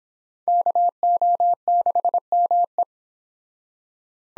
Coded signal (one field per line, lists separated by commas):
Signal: Morse code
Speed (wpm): 32 wpm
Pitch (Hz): 700 Hz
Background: none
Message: KO6ME